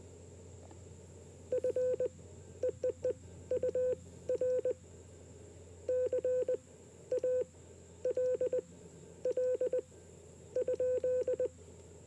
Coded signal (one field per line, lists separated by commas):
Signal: Morse code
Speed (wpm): 20 wpm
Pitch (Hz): 500 Hz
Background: none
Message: FEEE UR CALL?